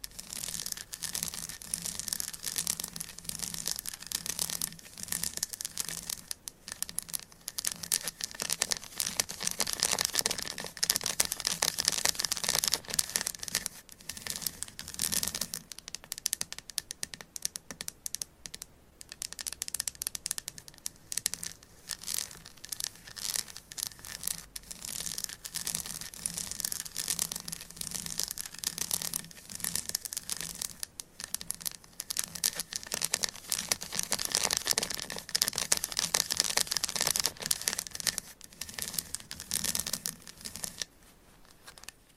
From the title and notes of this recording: ASMR Tingly Gentle Tapping & Scratching. No Talking.